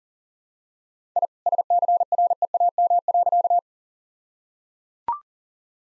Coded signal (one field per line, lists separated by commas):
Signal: Morse code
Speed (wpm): 37 wpm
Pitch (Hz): 700 Hz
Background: none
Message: I SCREAM.